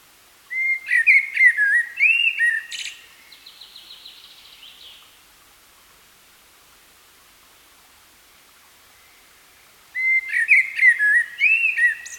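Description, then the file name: Common blackbird singing two phrases separated by a long pause; warbled whistles mixed with sharp high notes, and the first phrase trails off in a soft rattling twitter. "Turdus merula"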